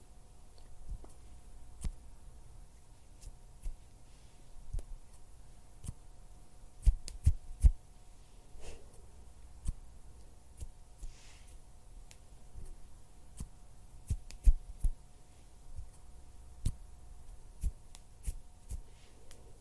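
Small hand and finger sounds tap and flutter at an irregular pace, sharp clicks scattered throughout with a tight cluster around seven to eight seconds. Soft rustles and brief mouth noises sit between them over a quiet, steady low hum.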